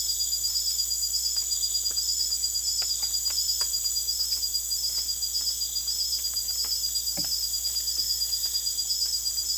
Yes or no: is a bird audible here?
no